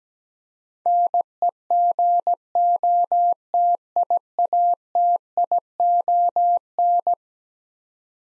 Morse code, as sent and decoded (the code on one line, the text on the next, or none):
-. . --. --- - .. .- - .. --- -.
NEGOTIATION